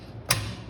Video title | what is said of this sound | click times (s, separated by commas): Whirlpool washer motor coupling replacement | finger up and we are snapped into place | 0.3 s